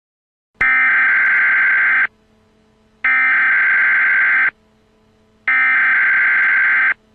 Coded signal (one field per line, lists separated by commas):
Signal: Emergency Alert System (SAME) tones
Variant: header bursts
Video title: Updated WE-30 outbreak EAS